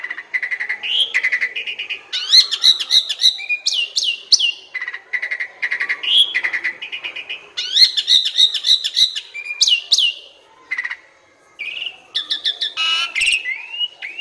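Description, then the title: Asian pied starling song, alternating harsh buzzy churrs, clicking trills and rising whistled slurs in a long varied stream. Training recording (masteran) meant to make birds that sing too little, sluggish or lethargic sing more actively. "Masteran Jalak Suren. Burung KURANG GACOR Dan LOYO"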